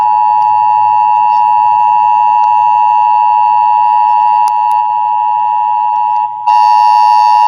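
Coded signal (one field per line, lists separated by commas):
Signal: Emergency Alert System (SAME) tones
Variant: 853 and 960 Hz attention tone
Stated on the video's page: Simulated EAS scenario.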